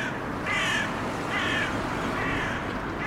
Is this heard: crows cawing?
yes